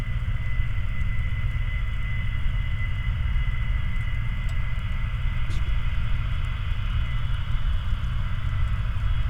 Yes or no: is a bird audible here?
no